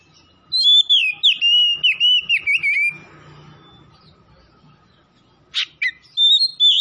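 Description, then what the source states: Oriental magpie-robin song, a run of clear warbled whistles and quick notes, then a pause before a harsh burst and fresh whistled phrases. Kacer from Tretes, singing vigorously (gacor).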